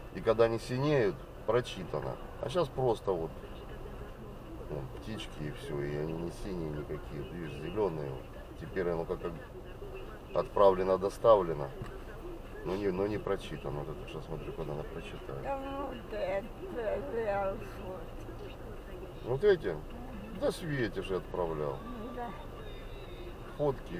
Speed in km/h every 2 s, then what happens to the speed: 0, 1, 0, 4, 1, 2, 1, 0, 1, 2, 0, 0.
0-24 standing.